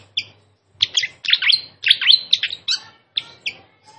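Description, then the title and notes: Fantail song: bright, high chirps in short clusters with brief gaps. Master recording of sikatan kipas (fantail flycatcher) song for cage-bird training, described as a clear voice; also called sikatan londo. "Masteran Sikatan Kipas Suara Jernih Dan Suara Gemericik Air. Suara Burung Sikatan Londo"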